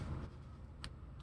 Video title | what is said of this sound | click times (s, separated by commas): Fountain Pen Review: Nemosine Singularity | you get a nice little click and I'll show you here about how deeply posts it's | 0.8 s